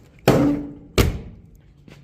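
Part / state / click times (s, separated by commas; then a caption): car door latch closing into the door striker on the body / seated / 1.0 s. The heavy door of a 1969 Lincoln is shut, its latch closing into the door striker on the body. A loud, ringing thunk at 0.3 s is followed by a second heavy thunk at 1.0 s as the latch clicks shut. The door seats firmly, shutting like a 1950s refrigerator door.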